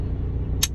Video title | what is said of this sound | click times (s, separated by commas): Manfrotto 055 3 section Aluminum Tripod (Review & Unboxing) | go down another level that's four clicks and now it's to the normal level | 0.6 s